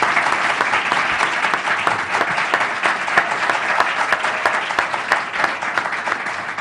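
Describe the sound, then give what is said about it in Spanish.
An audience on a radio programme applauds for several seconds to welcome the author of a book, the first applause of the afternoon, a dense, steady wash of many hands clapping at an even loudness with no voices over it. “el primer aplauso de la tarde.”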